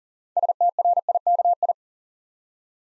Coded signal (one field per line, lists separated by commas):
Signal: Morse code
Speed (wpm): 37 wpm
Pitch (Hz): 700 Hz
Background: none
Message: STRIKI